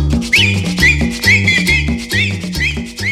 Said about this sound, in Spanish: Y ahora chiflando todo, chiflando todo.